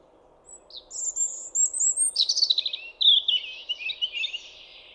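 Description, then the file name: European robin song: a thin high whistle, then tumbling warbled notes sliding lower, over a faint low hum. "Erithacus rubecula"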